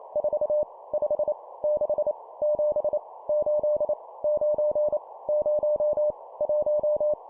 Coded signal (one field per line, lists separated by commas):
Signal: Morse code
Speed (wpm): 28 wpm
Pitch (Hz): 600 Hz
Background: none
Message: 4 5 6 7 8 9 0 1